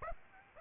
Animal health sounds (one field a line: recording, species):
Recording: mosquito wingbeat signal from an infrared sensor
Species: Aedes aegypti